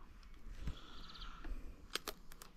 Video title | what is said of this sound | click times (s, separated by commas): Εργονομία STIHL Είναι σούπερ | Εφόσον κούμπωσε | 1.9 s